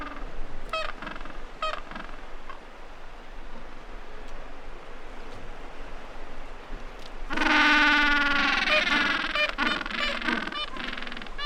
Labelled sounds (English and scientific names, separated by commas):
Gentoo Penguin (Pygoscelis papua) call